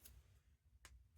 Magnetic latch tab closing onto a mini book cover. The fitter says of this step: as you can hear the snap right there